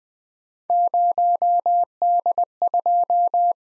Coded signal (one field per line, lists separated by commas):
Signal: Morse code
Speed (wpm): 20 wpm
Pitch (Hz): 700 Hz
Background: none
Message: 0D2